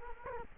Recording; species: mosquito wingbeat signal from an infrared sensor; Culex quinquefasciatus